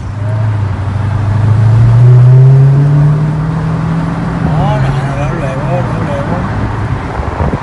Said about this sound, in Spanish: Siente la potencia de este automóvil. No. Qué bonito. Y fíjate, tener el gusto de manejar un Muscle Car. ¿Qué año es este carro? 2007, ¿verdad? 2017, así es.